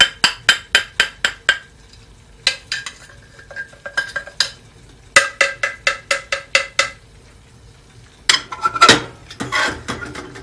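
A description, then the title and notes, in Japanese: Raw coffee beans being roasted rattle in quick, regular shaking bursts, coming in four runs with brief pauses and a faint low hum. 今朝は”キリマンジャロブレンド”生豆を焙煎。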